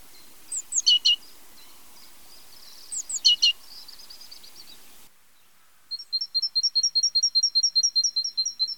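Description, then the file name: Great tit song, a steady run of high two-note phrases after a brief pause, preceded by scattered higher chirps and a faint background hiss. "Mesange charbonniere"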